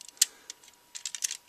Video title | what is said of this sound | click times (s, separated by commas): Lego Warthog Part 2 - Tutorial Tuesday | now this should click into place | 0.2 s